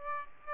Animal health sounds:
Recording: mosquito wingbeat signal from an infrared sensor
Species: Aedes aegypti

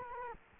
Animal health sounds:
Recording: mosquito wingbeat signal from an infrared sensor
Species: Culex quinquefasciatus

